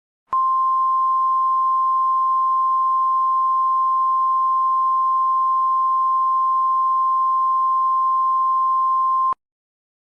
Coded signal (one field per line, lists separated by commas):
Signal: Emergency Alert System (SAME) tones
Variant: 1050 Hz attention tone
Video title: EAS Scenario #6: Your death wish came true (Puss In Boots)